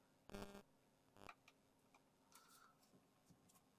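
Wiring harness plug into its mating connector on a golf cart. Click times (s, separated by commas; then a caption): 0.3 s, 0.4 s. During a lithium battery install on an EZGO TXT golf cart, a plastic wiring harness plug is pushed into its mating connector. A pair of sharp clicks at 0.3 and 0.35 seconds shows it snapping in and seating, followed by a few softer taps and handling noises.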